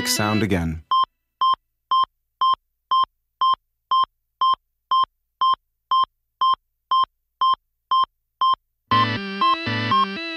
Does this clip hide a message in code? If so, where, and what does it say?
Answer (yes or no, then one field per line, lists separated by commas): no